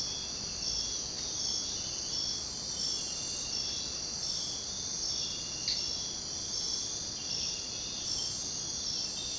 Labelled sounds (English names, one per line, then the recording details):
none
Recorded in secondary vegetation near Puerto Asís, Putumayo, Colombia, on 22 June 2025 at 05:30
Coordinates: 0.484, -76.319
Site G074